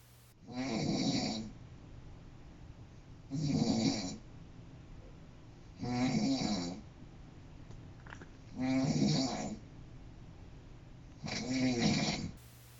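An adult man snoring in a Japanese hospital: five evenly spaced snores, about 22 a minute, each a soft buzzing rattle lasting about a second, with quiet breathing and faint room hum between. A gentle, steady snore, the milder form he made most of the time, switching with changes in his sleeping position.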